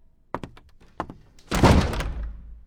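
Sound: door slammed shut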